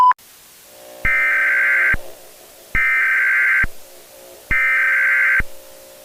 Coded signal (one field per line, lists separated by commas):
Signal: Emergency Alert System (SAME) tones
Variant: header bursts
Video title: EAS Scenario - Skinwalker REMASTERED - Part 2